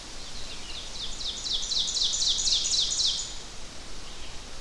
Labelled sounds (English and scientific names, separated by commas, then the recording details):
Ovenbird (Seiurus aurocapilla) song
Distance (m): 30 m
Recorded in boreal forest in Alberta, Canada, on 12 June 2016 at 07:07
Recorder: SongMeter 3, array SBT-3-18
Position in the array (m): 239 m, 84 m
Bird 31